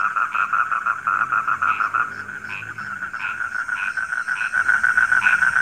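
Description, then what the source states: Frogs croaking in irregular overlapping bursts, some notes harsher and higher, the chorus swelling and easing over a few seconds. Frogs calling at night.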